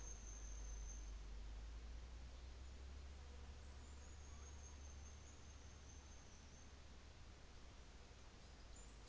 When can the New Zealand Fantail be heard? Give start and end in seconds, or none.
none